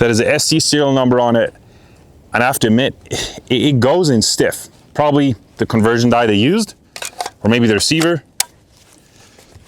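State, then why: Seated. Someone talks while a steel FAL-pattern magazine with an SC serial number is pushed stiffly into a rifle's magazine well, possibly because of the conversion die used or the receiver. A sharp click at 8.4 s marks the magazine locking into place, and a faint tap follows just after.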